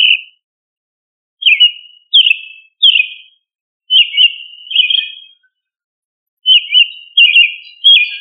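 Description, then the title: Thrush song of clear whistled notes, some slurred downward, delivered in groups with short pauses between them. "Familia Turdidae - Sabia"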